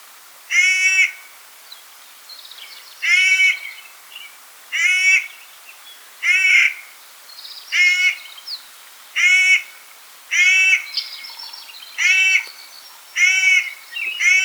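Clark's nutcracker giving a series of rasping, nasal calls.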